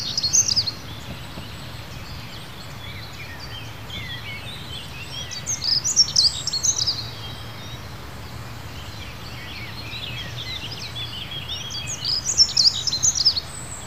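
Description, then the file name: Dunnock song: three brief, rapid, high jingling warbles, each about a second long and several seconds apart, over steady background noise. "Passera Scopaiola"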